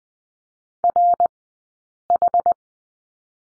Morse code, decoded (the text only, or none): RH